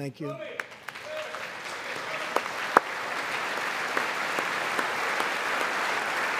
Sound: applause

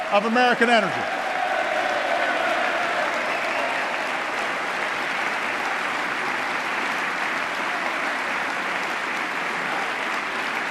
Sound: applause

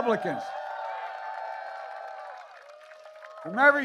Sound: applause

